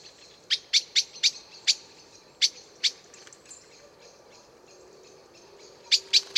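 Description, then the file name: Eurasian blackbird with a series of sharp clicked notes, irregularly spaced through the first three seconds, then three more at the end. "Turdus merula"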